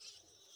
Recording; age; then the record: pig call; piglet (1 to 25 days)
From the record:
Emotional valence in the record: positive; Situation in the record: short reunion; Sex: male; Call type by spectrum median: high-frequency call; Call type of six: mixed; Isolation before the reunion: 3 minutes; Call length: 0.56 s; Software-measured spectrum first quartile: 3455 Hz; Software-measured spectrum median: 4882 Hz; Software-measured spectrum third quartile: 5843 Hz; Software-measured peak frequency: 5948 Hz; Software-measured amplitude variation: 108 dB a second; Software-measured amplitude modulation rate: 22.4 a second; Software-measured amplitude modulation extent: 4.8 dB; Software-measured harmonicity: 2.2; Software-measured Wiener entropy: -1.60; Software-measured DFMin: 1220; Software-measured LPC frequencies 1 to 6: 1442, 2781, 3288, 4044, 5360, 5964 Hz